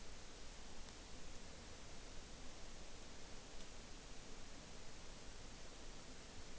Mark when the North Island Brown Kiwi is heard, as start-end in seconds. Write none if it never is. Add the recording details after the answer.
none. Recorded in New Zealand on 5 June 2013. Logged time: 02:19